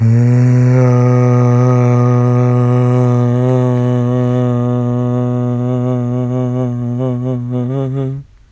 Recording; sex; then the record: sustained vowel /a/; female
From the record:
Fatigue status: no fatigue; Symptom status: asymptomatic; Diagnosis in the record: COVID-19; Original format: m4a